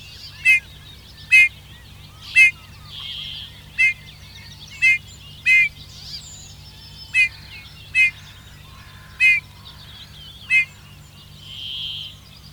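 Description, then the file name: Eurasian bullfinch calls: short, clear downslurred notes repeated at irregular intervals, over a steady low hum. "Pyrrhula pyrrhula"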